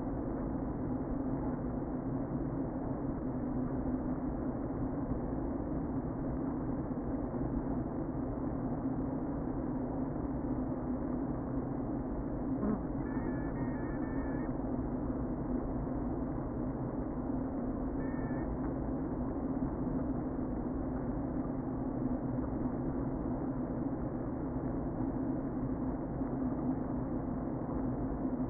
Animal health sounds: honeybee colony, microphone inside the hive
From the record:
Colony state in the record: queen present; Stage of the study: before two queens were removed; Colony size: about 60,000 bees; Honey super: yes

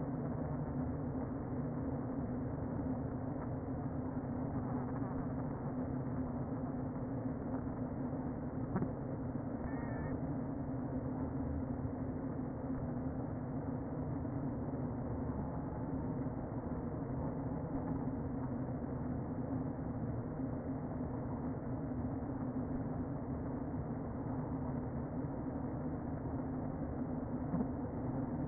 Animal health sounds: honeybee colony, microphone inside the hive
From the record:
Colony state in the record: queen present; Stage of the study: before two queens were removed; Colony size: about 60,000 bees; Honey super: yes

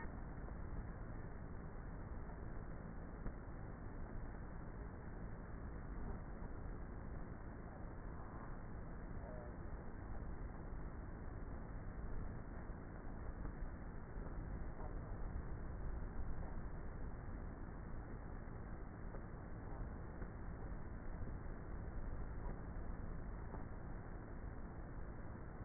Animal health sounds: honeybee colony, microphone inside the hive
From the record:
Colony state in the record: queenless with a low population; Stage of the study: before two queens were removed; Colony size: about 30,000 bees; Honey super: no

